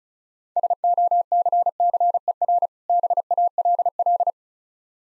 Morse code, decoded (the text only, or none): SOCCER BALL